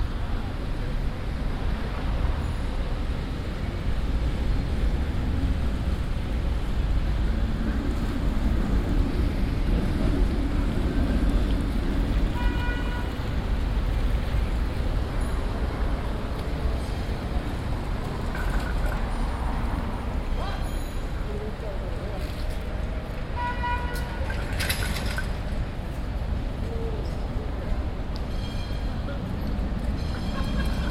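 Busy city street traffic with a constant low rumble of passing vehicles, steady and dense throughout. Short ringing bell-like tones sound around 3, 12, 21 and 24 seconds, and faint voices and clatter mix into the background.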